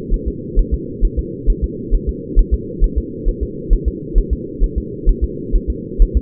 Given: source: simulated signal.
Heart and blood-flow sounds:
fetal heart sounds
0.14 s: S1
0.28 s: S2
0.59 s: S1
0.74 s: S2
1.05 s: S1
1.19 s: S2
1.50 s: S1
1.64 s: S2
1.95 s: S1
2.09 s: S2
2.39 s: S1
2.54 s: S2
2.84 s: S1
2.98 s: S2
3.29 s: S1
3.43 s: S2
3.73 s: S1
3.88 s: S2
4.18 s: S1
4.33 s: S2
4.64 s: S1
4.78 s: S2
5.09 s: S1
5.24 s: S2
5.56 s: S1
5.70 s: S2
6.02 s: S1
6.17 s: S2
From the record:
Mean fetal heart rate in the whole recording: 130 bpm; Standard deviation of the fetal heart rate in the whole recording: 4 bpm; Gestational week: 38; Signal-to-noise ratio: -4.1 dB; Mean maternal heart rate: no maternal heart sound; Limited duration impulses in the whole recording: absent

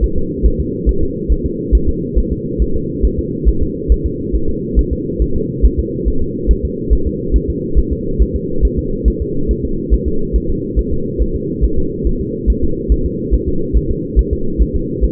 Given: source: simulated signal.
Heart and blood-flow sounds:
fetal heart sounds
0.04 s: S1
0.18 s: S2
0.46 s: S1
0.60 s: S2
0.89 s: S1
1.03 s: S2
1.32 s: S1
1.46 s: S2
1.75 s: S1
1.89 s: S2
2.18 s: S1
2.32 s: S2
2.62 s: S1
2.76 s: S2
3.05 s: S1
3.19 s: S2
3.49 s: S1
3.63 s: S2
3.92 s: S1
4.06 s: S2
4.35 s: S1
4.49 s: S2
4.79 s: S1
4.93 s: S2
5.22 s: S1
5.36 s: S2
5.65 s: S1
5.79 s: S2
6.08 s: S1
6.22 s: S2
6.51 s: S1
6.65 s: S2
6.93 s: S1
7.07 s: S2
7.36 s: S1
7.50 s: S2
7.79 s: S1
7.93 s: S2
8.22 s: S1
8.36 s: S2
8.65 s: S1
8.79 s: S2
9.08 s: S1
9.22 s: S2
9.51 s: S1
9.65 s: S2
9.94 s: S1
10.08 s: S2
10.36 s: S1
10.50 s: S2
10.79 s: S1
10.93 s: S2
11.22 s: S1
11.36 s: S2
11.64 s: S1
11.78 s: S2
12.07 s: S1
12.21 s: S2
12.50 s: S1
12.64 s: S2
12.92 s: S1
13.06 s: S2
13.34 s: S1
13.48 s: S2
13.77 s: S1
13.91 s: S2
14.19 s: S1
14.33 s: S2
14.62 s: S1
14.76 s: S2
15.04 s: S1
From the record:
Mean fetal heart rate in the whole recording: 140 bpm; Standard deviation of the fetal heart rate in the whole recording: 2 bpm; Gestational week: 34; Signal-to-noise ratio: -8.1 dB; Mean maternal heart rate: 72 bpm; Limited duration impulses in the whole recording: absent

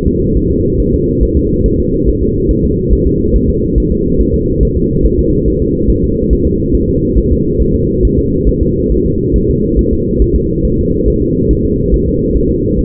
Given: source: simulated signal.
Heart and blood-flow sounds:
fetal heart sounds
0.08 s: S2
0.37 s: S1
0.51 s: S2
0.80 s: S1
0.94 s: S2
1.23 s: S1
1.37 s: S2
1.66 s: S1
1.80 s: S2
2.08 s: S1
2.23 s: S2
2.51 s: S1
2.65 s: S2
2.93 s: S1
3.07 s: S2
3.36 s: S1
3.50 s: S2
3.78 s: S1
3.92 s: S2
4.20 s: S1
4.34 s: S2
4.63 s: S1
4.77 s: S2
5.05 s: S1
5.19 s: S2
5.48 s: S1
5.62 s: S2
5.90 s: S1
6.04 s: S2
6.33 s: S1
6.47 s: S2
6.75 s: S1
6.89 s: S2
7.18 s: S1
7.32 s: S2
7.61 s: S1
7.76 s: S2
8.05 s: S1
8.19 s: S2
8.49 s: S1
8.63 s: S2
8.92 s: S1
9.06 s: S2
9.36 s: S1
9.50 s: S2
9.79 s: S1
9.93 s: S2
10.22 s: S1
10.36 s: S2
10.65 s: S1
10.79 s: S2
11.08 s: S1
11.22 s: S2
11.51 s: S1
11.65 s: S2
11.94 s: S1
12.08 s: S2
12.36 s: S1
12.51 s: S2
12.79 s: S1
From the record:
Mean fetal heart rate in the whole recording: 140 bpm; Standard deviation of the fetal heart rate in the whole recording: 2 bpm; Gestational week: 34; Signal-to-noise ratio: -10.2 dB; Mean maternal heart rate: 72 bpm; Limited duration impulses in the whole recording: present

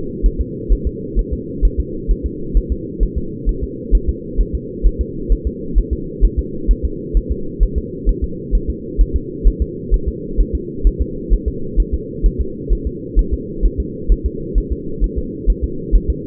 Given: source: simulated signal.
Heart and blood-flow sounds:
fetal heart sounds
0.26 s: S1
0.41 s: S2
0.72 s: S1
0.87 s: S2
1.19 s: S1
1.33 s: S2
1.65 s: S1
1.80 s: S2
2.11 s: S1
2.26 s: S2
2.57 s: S1
2.72 s: S2
3.03 s: S1
3.18 s: S2
3.49 s: S1
3.63 s: S2
3.95 s: S1
4.09 s: S2
4.41 s: S1
4.55 s: S2
4.86 s: S1
5.01 s: S2
5.32 s: S1
5.47 s: S2
5.78 s: S1
5.93 s: S2
6.25 s: S1
6.39 s: S2
6.71 s: S1
6.85 s: S2
7.17 s: S1
7.32 s: S2
7.63 s: S1
7.78 s: S2
8.09 s: S1
8.24 s: S2
8.55 s: S1
8.70 s: S2
9.01 s: S1
9.16 s: S2
9.47 s: S1
9.62 s: S2
9.94 s: S1
10.08 s: S2
10.40 s: S1
10.55 s: S2
10.87 s: S1
11.01 s: S2
11.33 s: S1
11.48 s: S2
11.80 s: S1
11.94 s: S2
12.26 s: S1
12.41 s: S2
12.72 s: S1
12.87 s: S2
13.19 s: S1
13.33 s: S2
13.65 s: S1
13.80 s: S2
14.12 s: S1
14.26 s: S2
14.58 s: S1
14.72 s: S2
15.04 s: S1
15.18 s: S2
15.50 s: S1
15.64 s: S2
15.95 s: S1
16.10 s: S2
From the record:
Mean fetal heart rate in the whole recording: 130 bpm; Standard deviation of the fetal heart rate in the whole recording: 2 bpm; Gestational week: 36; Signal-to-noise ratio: -4.3 dB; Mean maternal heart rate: 72 bpm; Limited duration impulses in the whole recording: absent

